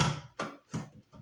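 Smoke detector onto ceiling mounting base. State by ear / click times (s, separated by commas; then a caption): not seated / none. A smoke detector is twisted onto its ceiling mounting base. A few short bumping and scraping knocks are heard, the sharpest at about 0.4 s and another near 0.75 s, with softer handling noise between them. The clip ends before the detector locks home, so nothing has seated or clicked yet.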